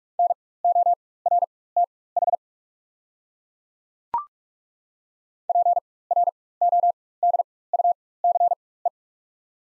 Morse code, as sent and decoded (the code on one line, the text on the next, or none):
-. --- .-. - .... / .--. .-. --- -.. ..- -.-. .
NORTH PRODUCE